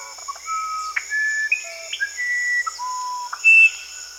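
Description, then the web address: Musician wren whistling clear, tonal notes that jump between high and low pitches in a musical sequence, with a continuous shrill insect chorus behind. South America. "Natures Songs S America Musician Wren (Cyphorhinus aradus)"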